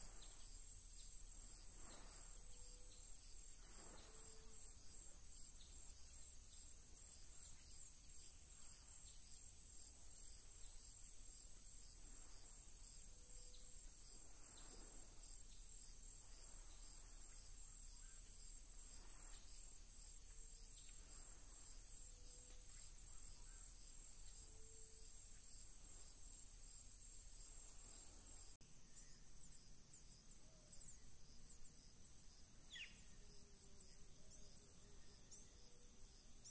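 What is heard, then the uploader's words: Atlantic forest ambience with a constant high insect drone, scattered soft bird calls, and a faint low rumble, shifting slightly near thirty seconds. Floresta Tropical- Mata Atlântica/Tropical Forest-Atlantic Forest. As florestas ombrófilas densas submontanas se estendem pelas encostas das serras entre as altitudes de 50 a 500 metros.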